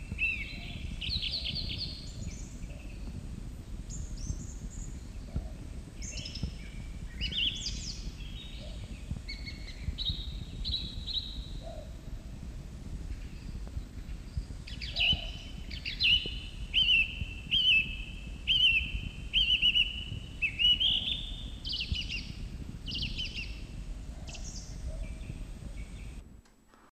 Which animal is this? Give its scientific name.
Turdus philomelos